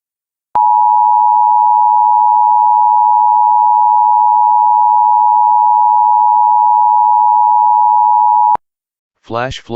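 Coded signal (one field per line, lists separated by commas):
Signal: Emergency Alert System (SAME) tones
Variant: 853 and 960 Hz attention tone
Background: speech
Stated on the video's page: Fictional EAS scenario.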